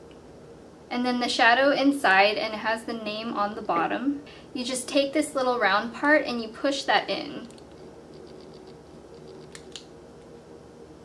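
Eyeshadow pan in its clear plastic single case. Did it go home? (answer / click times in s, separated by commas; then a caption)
released / 9.5 s, 9.8 s. Someone talks, then pushes the small round part on the bottom of a clear plastic single-eyeshadow case so the metal shadow pan releases. Two small clicks are heard at 9.6 s and 9.8 s as the pan pops out of its case.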